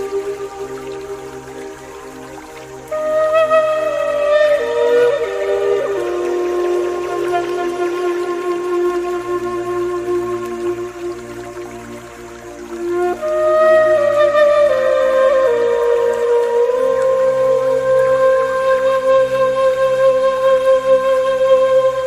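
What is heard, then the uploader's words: A breathy pan flute plays slow, sliding melody lines over a steady low drone, swelling louder after about thirteen seconds, with faint water underneath. Immerse yourself in the soothing embrace of natural water sounds combined with the enchanting melodies of the pan flute.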